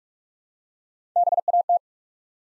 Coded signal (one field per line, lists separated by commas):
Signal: Morse code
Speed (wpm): 44 wpm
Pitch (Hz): 700 Hz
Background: none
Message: BAT